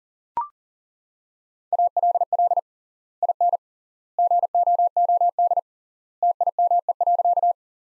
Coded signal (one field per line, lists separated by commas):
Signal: Morse code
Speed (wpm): 40 wpm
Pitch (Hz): 700 Hz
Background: none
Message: ALL IN GOOD TIME.